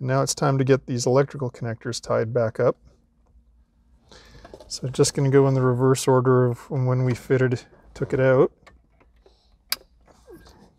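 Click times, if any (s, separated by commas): 9.7 s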